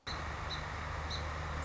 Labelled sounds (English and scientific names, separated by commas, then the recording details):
Song Sparrow (Melospiza melodia)
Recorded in Sonoma County, California